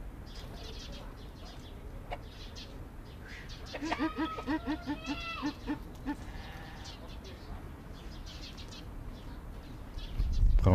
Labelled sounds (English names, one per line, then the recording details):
Brown Eared Pheasant call
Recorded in captivity
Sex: pair
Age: adult
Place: Zoo Halle, Sachsen-Anhalt, DE
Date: 1991-04-06 10:04
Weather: sunny, 4-13°C
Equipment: Marantz, Sennheiser ME 80, Kopie Tesla B 116
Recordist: Tembrock, Günter
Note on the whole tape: Lautfolgen von Paar